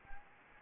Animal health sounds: mosquito wingbeat signal from an infrared sensor; Anopheles gambiae

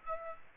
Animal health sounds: mosquito wingbeat signal from an infrared sensor; Aedes aegypti

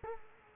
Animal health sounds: mosquito wingbeat signal from an infrared sensor; Culex quinquefasciatus

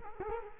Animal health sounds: mosquito wingbeat signal from an infrared sensor; Culex quinquefasciatus

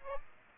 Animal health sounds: mosquito wingbeat signal from an infrared sensor; Aedes aegypti

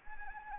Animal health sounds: mosquito wingbeat signal from an infrared sensor; Anopheles arabiensis

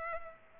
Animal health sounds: mosquito wingbeat signal from an infrared sensor; Culex pipiens

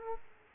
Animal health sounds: mosquito wingbeat signal from an infrared sensor; Aedes aegypti

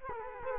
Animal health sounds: mosquito wingbeat signal from an infrared sensor; Culex quinquefasciatus

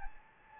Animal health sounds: mosquito wingbeat signal from an infrared sensor; Anopheles gambiae

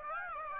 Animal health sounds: mosquito wingbeat signal from an infrared sensor; Aedes aegypti

